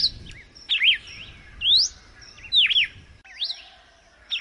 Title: Canto Galo Campina Fêmea. Galo de Campina açoite escorrido na natureza